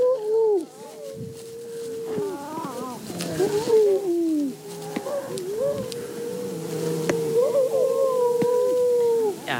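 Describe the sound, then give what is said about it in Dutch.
Several late-born grey seal pups on the island of Griend wail over one another for their mother in long, drawn-out, sliding cries, some rising and falling in pitch, loud and continuous throughout, with a howl-like, almost human baby quality. “Op het eiland Griend liggen een paar grijze zeehondenbaby's.”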